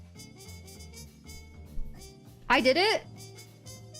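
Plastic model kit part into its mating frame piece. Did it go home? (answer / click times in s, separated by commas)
no / none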